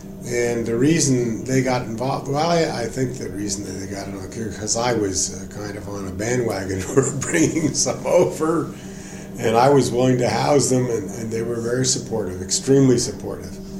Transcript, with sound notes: and the reason they got involved–well I think the reason that they got in on it, because I was kind of on a bandwagon for bringing some over. [laughing] I was willing to house them and they were very supportive, extremely supportive.